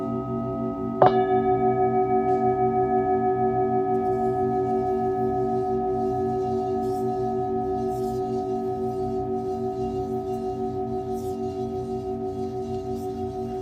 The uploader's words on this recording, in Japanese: メキシコから シンギングボウルのサウンドヒーリング ライブ。